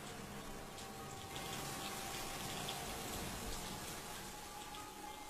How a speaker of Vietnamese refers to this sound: Một lúc sau ngoài trời mưa vẫn đổ, ở nhà Linh đã ngủ được. Cả làng quê chìm nghỉm trong mưa mù, gió bão.